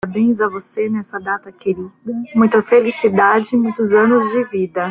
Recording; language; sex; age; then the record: short text; Brazilian Portuguese; female; 30 to 39 years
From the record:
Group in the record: control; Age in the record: 39 years